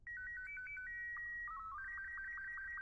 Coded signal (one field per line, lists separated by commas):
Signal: SSTV (slow-scan television)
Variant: Robot 24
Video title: Duna SSTV hill location via rover